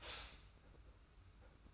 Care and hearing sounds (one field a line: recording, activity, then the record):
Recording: daily activity, microphone in the room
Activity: stop toaster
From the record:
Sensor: 2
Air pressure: 991.5 hPa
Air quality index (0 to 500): 188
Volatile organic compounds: 1000 ppm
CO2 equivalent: 6136 ppm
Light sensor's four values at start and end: 32/97/38/36 and 32/97/38/36